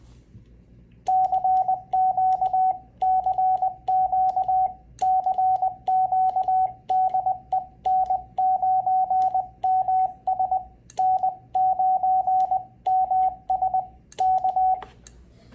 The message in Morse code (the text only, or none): CQ CQ CQ DE N9MS N9MS K